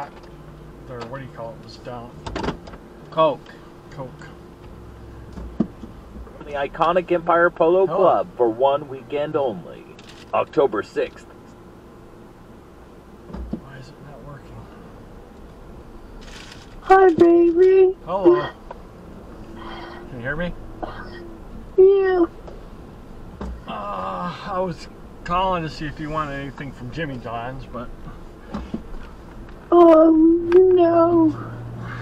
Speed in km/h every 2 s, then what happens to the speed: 0, 0, 0, 0, 0, 0, 0, 0, 8, 11, 15, 13, 15, 13, 10, 18.
0-14 standing. 14-19 pulls away to 15. 19-28 steady at about 13. 28-32 speeds up to 18.